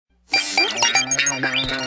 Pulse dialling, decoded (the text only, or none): none